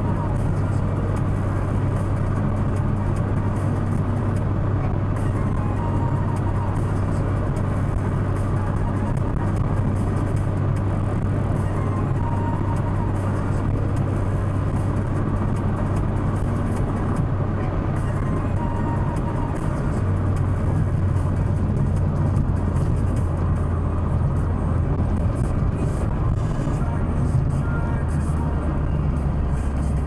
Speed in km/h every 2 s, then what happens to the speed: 112, 112, 113, 113, 112, 112, 112, 112, 111, 108, 103, 97, 93, 89, 77.
0-17 steady at about 112. 17-30 slows to 77.